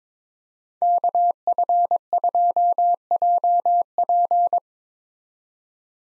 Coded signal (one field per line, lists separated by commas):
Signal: Morse code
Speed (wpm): 25 wpm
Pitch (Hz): 700 Hz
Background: none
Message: KF2JP